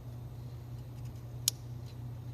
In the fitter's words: I heard it click, so that's good.